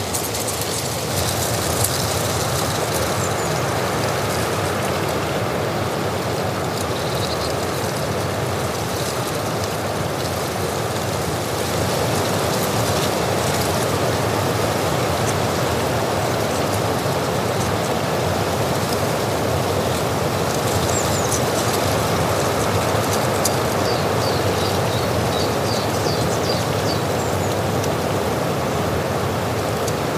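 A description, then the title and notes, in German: Wind sweeps across a mountain meadow, pushing dry leaves from last summer so they crackle and rustle in a dense, steady hiss with no real pauses. Faint bright ticks and thin high chirps surface now and then, most noticeably past the midpoint. Natur - Wind am Hochgern. Dabei wurde ich von starken Wind überrascht der die Blätter vom letzten Sommer knisternd über die Bergwiese treibt.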